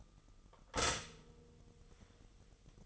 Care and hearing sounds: daily activity, microphone in the room; stop toaster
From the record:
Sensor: 4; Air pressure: 989.4 hPa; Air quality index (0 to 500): 217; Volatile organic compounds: 69 ppm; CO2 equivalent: 3509 ppm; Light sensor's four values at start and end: 24/83/30/32 and 25/86/32/34

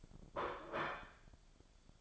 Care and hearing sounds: daily activity, microphone in the room; place plate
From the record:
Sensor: 5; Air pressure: 1004.5 hPa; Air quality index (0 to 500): 169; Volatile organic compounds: 4 ppm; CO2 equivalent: 1591 ppm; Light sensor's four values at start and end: 17/39/15/14 and 17/39/15/14

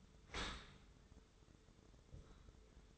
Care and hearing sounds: daily activity, microphone in the room; open dishwasher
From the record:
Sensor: 3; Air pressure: 1015.0 hPa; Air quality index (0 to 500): 41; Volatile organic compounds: 1 ppm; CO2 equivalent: 597 ppm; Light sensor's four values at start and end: 12/27/11/11 and 12/27/11/11

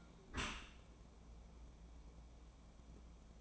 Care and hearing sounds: daily activity, microphone in the room; close dishwasher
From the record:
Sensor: 1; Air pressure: 1012.4 hPa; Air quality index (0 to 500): 170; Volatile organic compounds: 3 ppm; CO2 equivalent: 1387 ppm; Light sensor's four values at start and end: 333/764/336/369 and 333/765/337/369

